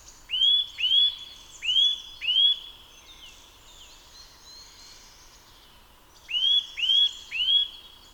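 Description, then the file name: Eurasian nuthatch repeating loud whistled calls rising then steady, four in a row, a pause, then three more, with other birds twittering quietly. "Sitta europaea"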